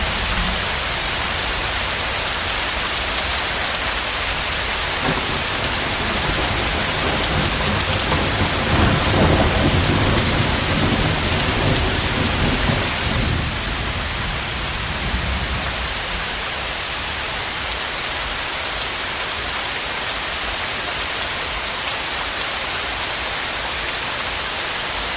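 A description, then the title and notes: Gentle rain falls in a steady, dense pitter-patter of countless small drops, bright and close. From about 5 to 13 seconds a low, soft rumble swells underneath, like distant thunder, then fades as the even patter continues. Gentle Rain Showers. The rhythmic pitter-patter of rain.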